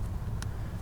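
A new headlight bulb on a 2011 Lincoln Town Car, covering the high beam and low beam, is pushed into its plastic socket over a steady low rumble. A short, bright snap at 0.4 s marks the bulb seating in the holder.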